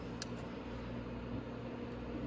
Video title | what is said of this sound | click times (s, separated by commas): How to Remove and Replace the Sprockets and Chain on the Venom Grizzly & Madix 125cc ATV | and just push it Forward again with the screwdriver until you hear it click like that and it's done now | 0.2 s